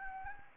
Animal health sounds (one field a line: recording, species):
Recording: mosquito wingbeat signal from an infrared sensor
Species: Anopheles gambiae